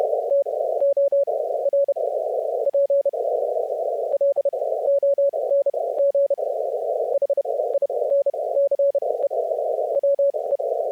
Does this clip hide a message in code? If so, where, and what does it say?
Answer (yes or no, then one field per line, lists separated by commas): yes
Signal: Morse code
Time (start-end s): 0.3-10.6 s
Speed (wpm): 32 wpm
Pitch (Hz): 560 Hz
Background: none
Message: TORP LONG HI NCE WE